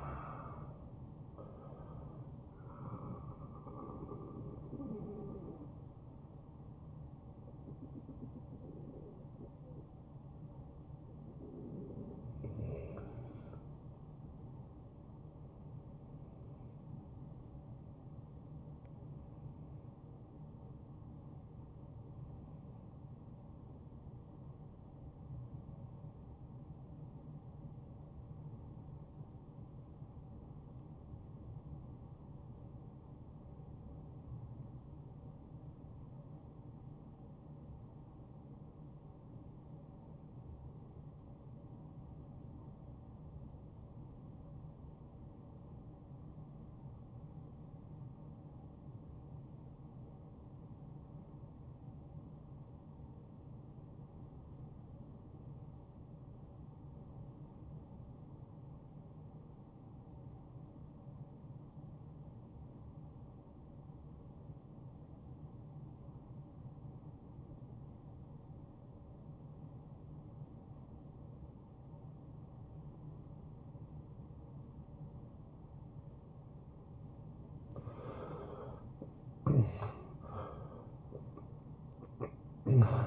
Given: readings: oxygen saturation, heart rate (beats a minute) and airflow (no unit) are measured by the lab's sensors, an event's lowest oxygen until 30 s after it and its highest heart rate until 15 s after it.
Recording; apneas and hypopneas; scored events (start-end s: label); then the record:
breathing in sleep by a smartphone at the bedside; 1
4.00-83.07 s: new sleep stage, N1 (lightest sleep)
24.00-78.50 s: obstructive apnea (N1, oxygen 95% highest, then 70% lowest, heart rate 78 at the start, 88 highest)
From the record:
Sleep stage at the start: REM sleep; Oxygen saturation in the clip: 69 to 95%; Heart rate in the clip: 55 to 92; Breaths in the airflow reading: 6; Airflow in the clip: -17.1 to 9.0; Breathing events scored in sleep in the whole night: 263 in 5.5 hours asleep